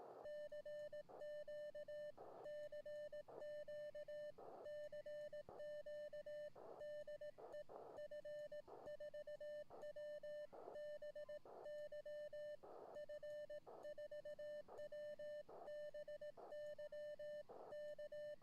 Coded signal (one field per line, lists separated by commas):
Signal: Morse code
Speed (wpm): 18 wpm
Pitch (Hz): 600 Hz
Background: none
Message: CQ CQ CQ DE F4WBY F4WBY K